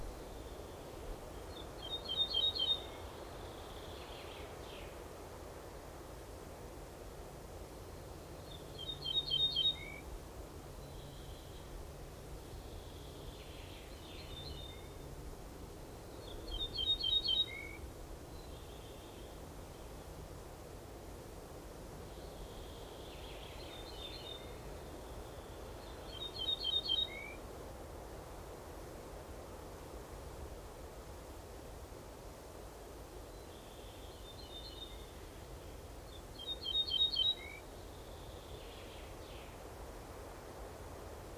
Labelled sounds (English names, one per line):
Ortolan Bunting song